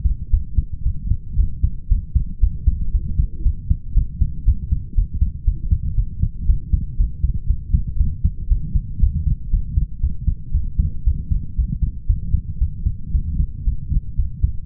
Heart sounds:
heart sounds by stethoscope; 117 bpm
0.31 s: heartbeat
0.84 s: heartbeat
1.37 s: heartbeat
1.89 s: heartbeat
2.41 s: heartbeat
2.92 s: heartbeat
3.44 s: heartbeat
3.95 s: heartbeat
4.45 s: heartbeat
4.95 s: heartbeat
5.45 s: heartbeat
5.96 s: heartbeat
6.47 s: heartbeat
6.97 s: heartbeat
7.47 s: heartbeat
7.98 s: heartbeat
8.49 s: heartbeat
9.00 s: heartbeat
9.51 s: heartbeat
10.01 s: heartbeat
10.52 s: heartbeat
11.05 s: heartbeat
11.56 s: heartbeat
12.07 s: heartbeat
12.59 s: heartbeat
13.12 s: heartbeat
13.65 s: heartbeat
14.17 s: heartbeat
From the record:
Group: healthy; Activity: light exercise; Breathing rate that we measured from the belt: 27 breaths a minute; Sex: male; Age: 22 years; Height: 181 cm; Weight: 60 kg

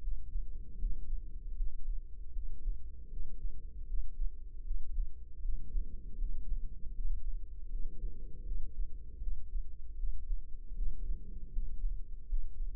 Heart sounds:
heart sounds by microphone in the left ear; 78 bpm
0.77 s: heartbeat
1.55 s: heartbeat
2.31 s: heartbeat
3.08 s: heartbeat
3.85 s: heartbeat
4.62 s: heartbeat
5.40 s: heartbeat
6.16 s: heartbeat
6.93 s: heartbeat
7.68 s: heartbeat
8.43 s: heartbeat
9.18 s: heartbeat
9.94 s: heartbeat
10.73 s: heartbeat
11.51 s: heartbeat
12.27 s: heartbeat
From the record:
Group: healthy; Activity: rest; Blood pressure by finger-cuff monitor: 108/80 mmHg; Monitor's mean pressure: 90 mmHg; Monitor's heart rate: 77 bpm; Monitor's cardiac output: 5.5 L/min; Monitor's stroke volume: 71 mL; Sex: female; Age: 32 years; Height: 172 cm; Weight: 71.7 kg

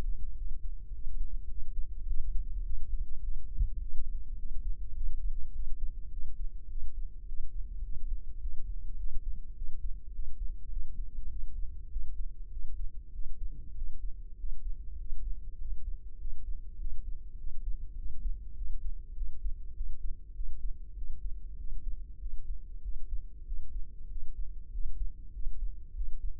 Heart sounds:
heart sounds by microphone in the left ear; 101 bpm
0.38 s: heartbeat
0.94 s: heartbeat
1.50 s: heartbeat
2.07 s: heartbeat
2.65 s: heartbeat
3.23 s: heartbeat
3.81 s: heartbeat
4.39 s: heartbeat
4.96 s: heartbeat
5.54 s: heartbeat
6.12 s: heartbeat
6.70 s: heartbeat
7.28 s: heartbeat
7.85 s: heartbeat
8.42 s: heartbeat
8.99 s: heartbeat
9.57 s: heartbeat
10.14 s: heartbeat
10.72 s: heartbeat
11.31 s: heartbeat
11.91 s: heartbeat
12.52 s: heartbeat
13.14 s: heartbeat
13.77 s: heartbeat
14.39 s: heartbeat
15.00 s: heartbeat
15.60 s: heartbeat
16.20 s: heartbeat
16.80 s: heartbeat
17.39 s: heartbeat
17.98 s: heartbeat
18.57 s: heartbeat
19.17 s: heartbeat
19.76 s: heartbeat
20.36 s: heartbeat
20.97 s: heartbeat
21.59 s: heartbeat
22.21 s: heartbeat
22.84 s: heartbeat
23.47 s: heartbeat
24.11 s: heartbeat
24.73 s: heartbeat
25.35 s: heartbeat
25.96 s: heartbeat
From the record:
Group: healthy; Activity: cold pressor test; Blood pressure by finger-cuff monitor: 151/98 mmHg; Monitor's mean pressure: 117 mmHg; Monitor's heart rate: 102 bpm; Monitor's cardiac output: 7.7 L/min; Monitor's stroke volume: 75 mL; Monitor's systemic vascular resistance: 1130 dyn s/cm5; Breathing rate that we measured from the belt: 18 breaths a minute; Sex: male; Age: 21 years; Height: 175 cm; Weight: 72.6 kg

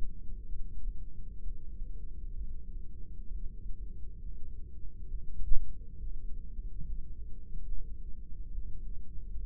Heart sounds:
heart sounds by microphone in the right ear; 67 bpm
0.48 s: heartbeat
1.42 s: heartbeat
2.36 s: heartbeat
3.30 s: heartbeat
4.21 s: heartbeat
5.10 s: heartbeat
5.99 s: heartbeat
6.84 s: heartbeat
7.68 s: heartbeat
8.53 s: heartbeat
9.39 s: heartbeat
From the record:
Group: heart failure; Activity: rest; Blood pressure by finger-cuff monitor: 120/83 mmHg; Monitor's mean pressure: 96 mmHg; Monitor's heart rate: 67 bpm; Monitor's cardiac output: 6.2 L/min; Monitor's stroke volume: 93 mL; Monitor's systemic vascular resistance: 1230 dyn s/cm5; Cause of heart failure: idiopathic cardiomyopathy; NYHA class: 1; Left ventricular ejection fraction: 50%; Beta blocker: bisoprolol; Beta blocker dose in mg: 5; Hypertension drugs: candesartan, spironolactone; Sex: male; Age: 54 years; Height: 180 cm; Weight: 94.6 kg

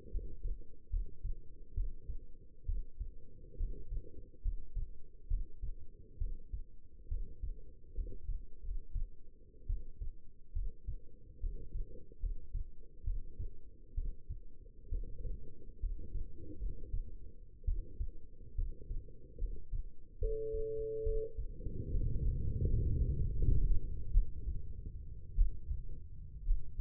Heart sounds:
heart sounds by stethoscope; 68 bpm
0.11 s: heartbeat
0.90 s: heartbeat
1.74 s: heartbeat
2.65 s: heartbeat
3.57 s: heartbeat
4.42 s: heartbeat
5.27 s: heartbeat
6.18 s: heartbeat
7.08 s: heartbeat
7.94 s: heartbeat
8.62 s: heartbeat
9.66 s: heartbeat
10.52 s: heartbeat
11.40 s: heartbeat
12.19 s: heartbeat
13.04 s: heartbeat
13.94 s: heartbeat
14.89 s: heartbeat
15.79 s: heartbeat
16.59 s: heartbeat
17.65 s: heartbeat
18.55 s: heartbeat
19.38 s: heartbeat
20.18 s: heartbeat
21.03 s: heartbeat
21.91 s: heartbeat
22.65 s: heartbeat
23.34 s: heartbeat
24.11 s: heartbeat
25.35 s: heartbeat
26.44 s: heartbeat
From the record:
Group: healthy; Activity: rest 0-20 s, Valsalva maneuver 20-27 s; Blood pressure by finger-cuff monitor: 129/76 mmHg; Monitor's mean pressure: 91 mmHg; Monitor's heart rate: 69 bpm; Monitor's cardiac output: 6.1 L/min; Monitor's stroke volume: 87 mL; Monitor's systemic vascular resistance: 1090 dyn s/cm5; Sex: female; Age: 22 years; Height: 171 cm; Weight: 65.6 kg

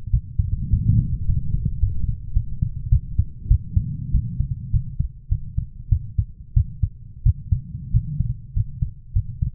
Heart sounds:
heart sounds by stethoscope; 100 bpm
0.11 s: heartbeat
0.70 s: heartbeat
1.26 s: heartbeat
1.80 s: heartbeat
2.34 s: heartbeat
2.90 s: heartbeat
3.48 s: heartbeat
4.12 s: heartbeat
4.71 s: heartbeat
5.29 s: heartbeat
5.89 s: heartbeat
6.54 s: heartbeat
7.24 s: heartbeat
7.92 s: heartbeat
8.54 s: heartbeat
9.13 s: heartbeat
From the record:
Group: healthy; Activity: rest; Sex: female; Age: 24 years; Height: 163 cm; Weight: 55.7 kg

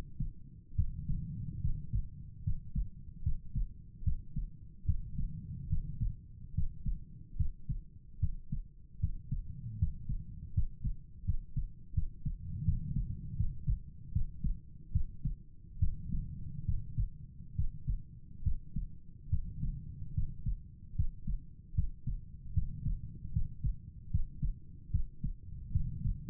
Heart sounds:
heart sounds by stethoscope; 75 bpm
0.75 s: heartbeat
1.61 s: heartbeat
2.43 s: heartbeat
3.23 s: heartbeat
4.03 s: heartbeat
4.85 s: heartbeat
5.69 s: heartbeat
6.54 s: heartbeat
7.36 s: heartbeat
8.19 s: heartbeat
8.99 s: heartbeat
9.78 s: heartbeat
10.53 s: heartbeat
11.25 s: heartbeat
11.93 s: heartbeat
12.64 s: heartbeat
13.36 s: heartbeat
14.12 s: heartbeat
14.92 s: heartbeat
15.79 s: heartbeat
16.65 s: heartbeat
17.55 s: heartbeat
18.43 s: heartbeat
19.29 s: heartbeat
20.14 s: heartbeat
20.95 s: heartbeat
21.74 s: heartbeat
22.53 s: heartbeat
23.32 s: heartbeat
24.10 s: heartbeat
24.91 s: heartbeat
25.72 s: heartbeat
From the record:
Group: healthy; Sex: male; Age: 35 years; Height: 178 cm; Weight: 64 kg

